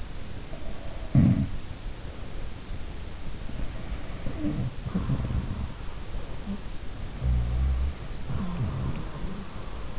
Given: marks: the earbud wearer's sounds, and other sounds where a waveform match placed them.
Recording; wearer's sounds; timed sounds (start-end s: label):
sounds in sleep by an in-ear microphone; breath
0.00-2.55 s: breath
0.39-1.86 s: sound from someone else or the room
3.29-6.90 s: sound from someone else or the room
7.18-9.99 s: sound from someone else or the room